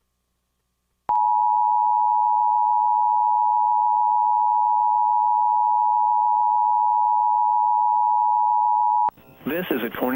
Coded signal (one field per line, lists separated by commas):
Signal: Emergency Alert System (SAME) tones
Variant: 853 and 960 Hz attention tone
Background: speech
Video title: EAS Reenactment Mock: "Moe-bee-ull Homes"